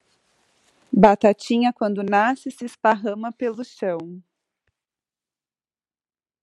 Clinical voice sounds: short text; Brazilian Portuguese; female; 30 to 39 years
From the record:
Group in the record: control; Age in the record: 38 years

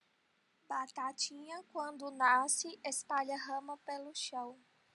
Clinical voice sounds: short text; Brazilian Portuguese; female; 20 to 29 years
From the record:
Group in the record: control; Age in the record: 23 years

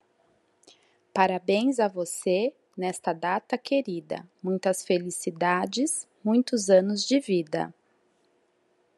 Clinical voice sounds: short text; Brazilian Portuguese; female; 40 to 49 years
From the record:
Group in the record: control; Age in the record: 41 years

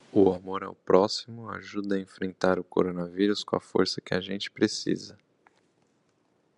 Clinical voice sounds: spoken sentence; Brazilian Portuguese; male; 30 to 39 years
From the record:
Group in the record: control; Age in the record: 31 years

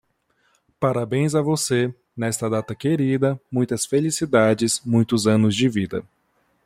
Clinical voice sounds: short text; Brazilian Portuguese; male; 20 to 29 years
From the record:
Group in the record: control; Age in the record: 26 years

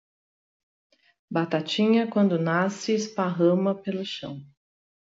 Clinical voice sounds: short text; Brazilian Portuguese; female; 50 to 59 years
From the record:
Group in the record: control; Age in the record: 53 years

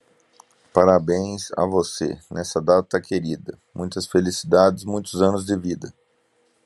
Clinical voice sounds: short text; Brazilian Portuguese; male; 40 to 49 years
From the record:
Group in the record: control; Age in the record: 41 years

